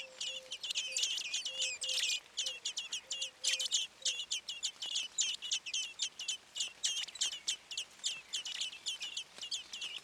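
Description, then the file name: Common blackbird calling in a fast run of harsh, high chinks, roughly three to four a second, with a faint low broken hum in the first four seconds. "Turdus merula"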